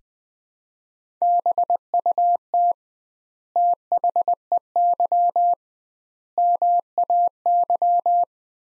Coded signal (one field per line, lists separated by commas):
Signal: Morse code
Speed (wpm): 20 wpm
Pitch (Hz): 700 Hz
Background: none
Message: BUT THEY MAY